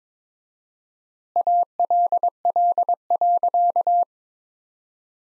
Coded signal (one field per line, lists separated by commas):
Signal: Morse code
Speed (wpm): 22 wpm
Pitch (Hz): 700 Hz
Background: none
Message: ALL.